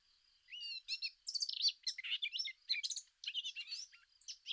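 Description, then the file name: Eurasian blackcap warbling song: a continuous jumble of quick chirps, scratchy notes and short fluty whistles, with a faint steady high tone at the start. "Sylvia atricapilla"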